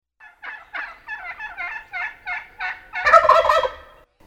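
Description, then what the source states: Turkey gobbling, a rapid run of many gurgling pulses ending in a louder, fuller burst. More than one turkey.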